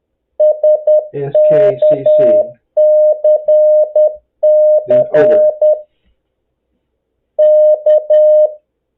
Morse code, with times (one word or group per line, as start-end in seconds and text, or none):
0.4-5.7 SKCC
7.4-8.5 K